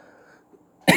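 After near-silence, one abrupt loud cough burst from an adult man with a lingering cough that has not yet healed, cut off at the end.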